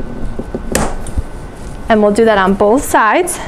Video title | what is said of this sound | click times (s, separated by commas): Assembly of 00561, 00562, 00563, 09922, 99564 Badger Basket Just Like Mommy 3 in 1 Pram | you're going to want to pop it up into place when you hear it click and we'll | 0.8 s